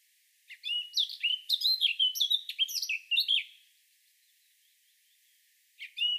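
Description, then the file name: Eurasian blackcap singing a three-second tumbling warble of mixed sharp chirps and clear fluted notes, then a pause before a new phrase starts at the end. "Sylvia atricapilla"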